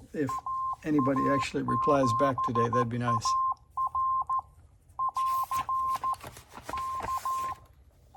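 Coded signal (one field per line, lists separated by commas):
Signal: Morse code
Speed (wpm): 14 wpm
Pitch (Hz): 1050 Hz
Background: speech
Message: AA7AR <AR> K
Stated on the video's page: NC40A transceiver on the bench exhibiting odd blips and clicks.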